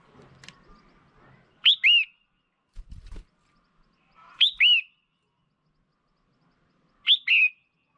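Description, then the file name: Red-whiskered bulbul giving three quick two-note whistled calls, a high upslurred note followed by a lower wavering one, spaced a few seconds apart, with a soft thump between. Female bird. "Tieng chao mao mai"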